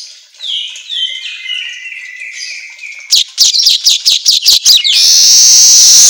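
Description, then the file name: Asian golden weaver song: a run of thin descending whistled notes, then a quick series of sharp chips ending in a loud, steady sizzling buzz. Made for training songbirds; 'auto gacor' style to set caged birds singing. "Suara Kicau Manyar Kepala Emas Auto Gacor"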